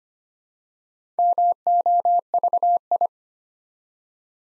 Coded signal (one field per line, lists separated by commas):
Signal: Morse code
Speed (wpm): 25 wpm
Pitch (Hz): 700 Hz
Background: none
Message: MOVI